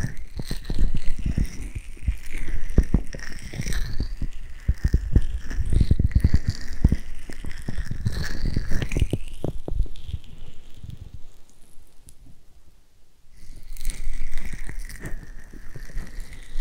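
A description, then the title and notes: Rubbing ear massage with dense scratchy strokes and soft thumps for ten seconds, a near-silent pause around twelve seconds, then rubbing resumes. ASMR Ear Massage.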